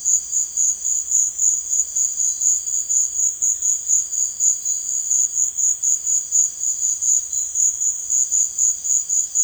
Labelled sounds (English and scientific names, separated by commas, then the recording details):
none
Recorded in secondary vegetation near Puerto Asís, Putumayo, Colombia, on 23 June 2025 at 16:00
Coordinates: 0.499, -76.323
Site G077